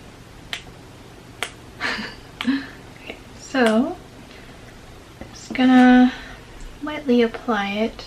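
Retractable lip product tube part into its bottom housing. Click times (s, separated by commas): 0.5 s, 1.4 s, 2.4 s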